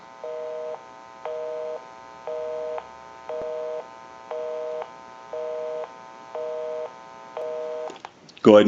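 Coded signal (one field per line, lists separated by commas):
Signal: telephone call progress tone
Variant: North America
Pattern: busy tone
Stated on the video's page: Call progress tone heard on a Western Electric 302 rotary desk telephone during initial checkout and repair.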